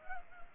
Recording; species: mosquito wingbeat signal from an infrared sensor; Culex pipiens